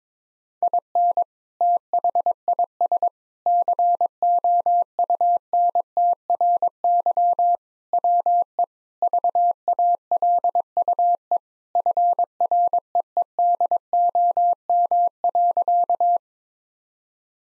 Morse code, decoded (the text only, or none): IN THIS COUNTRY WE VALUE FREEDOM.